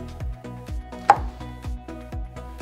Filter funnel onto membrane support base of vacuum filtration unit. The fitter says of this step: Center the flange of the funnel on top of the membrane base and press down until you hear a click